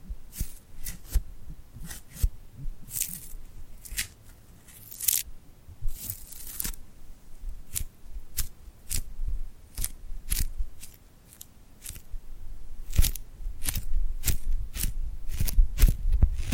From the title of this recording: ASMR Tingly Glued Hand Sounds